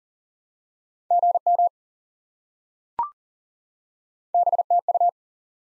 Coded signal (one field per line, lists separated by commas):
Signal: Morse code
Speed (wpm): 40 wpm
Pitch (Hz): 700 Hz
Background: none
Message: GM BTU